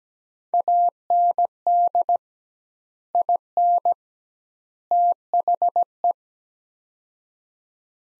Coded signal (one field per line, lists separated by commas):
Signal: Morse code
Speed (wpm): 17 wpm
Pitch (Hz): 700 Hz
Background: none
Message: AND IN THE